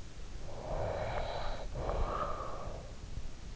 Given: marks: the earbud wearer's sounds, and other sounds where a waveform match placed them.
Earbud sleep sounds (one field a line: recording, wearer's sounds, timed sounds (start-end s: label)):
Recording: sounds in sleep by an in-ear microphone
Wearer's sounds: snoring breath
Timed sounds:
0.07-3.35 s: snoring breath